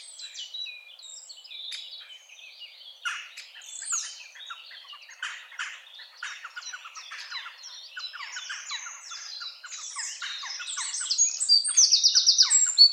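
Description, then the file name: Eurasian wren song emerging from a busy chorus of chirping birds, building to a loud, fast, rattling trill near the end. "Troglodytes troglodytes"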